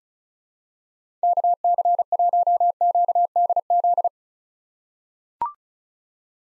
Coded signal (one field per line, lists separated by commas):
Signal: Morse code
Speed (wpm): 36 wpm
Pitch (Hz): 700 Hz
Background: none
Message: KC1QDZ